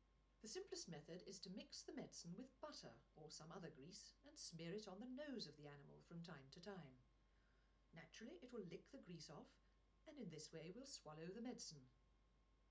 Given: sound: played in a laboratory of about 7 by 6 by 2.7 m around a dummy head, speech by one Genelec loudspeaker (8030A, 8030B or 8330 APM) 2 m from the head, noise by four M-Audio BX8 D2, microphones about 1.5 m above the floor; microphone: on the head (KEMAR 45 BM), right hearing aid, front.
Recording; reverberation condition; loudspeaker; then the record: female speech in English; low; 120 degrees to the right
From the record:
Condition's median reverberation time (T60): about 310 ms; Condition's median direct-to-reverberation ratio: about 3.5 dB